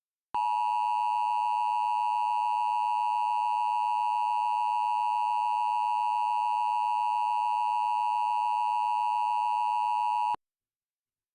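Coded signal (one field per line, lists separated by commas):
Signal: Emergency Alert System (SAME) tones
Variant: 853 and 960 Hz attention tone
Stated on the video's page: Fictional scenario using valid EAS tones.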